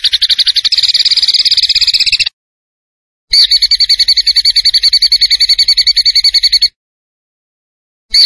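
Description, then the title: Zebra finch giving long, even, rapidly pulsed trills with a ringing, metallic quality, two extended runs separated by about a second of silence, and a third beginning at the end. Master recording for training cage birds. "Masteran Burung Tembakan Gacor"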